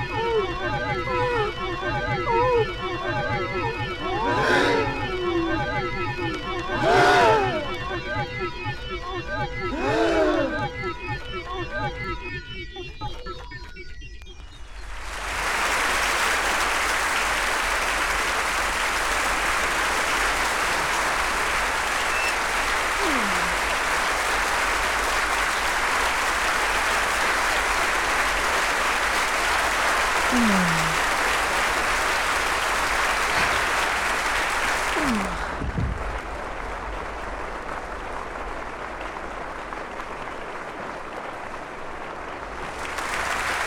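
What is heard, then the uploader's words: Sustained music with a few sharp accents fills the first fifteen seconds, then a theatre audience breaks into dense, steady applause that carries on to the end. A few voices or whistles cut through the clapping, which eases slightly after about 35 seconds. Laughter in Theatre/Applause in Theatre (1935 Columbia), 78 RPM UK disc.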